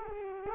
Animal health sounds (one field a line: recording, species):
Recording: mosquito wingbeat signal from an infrared sensor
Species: Culex quinquefasciatus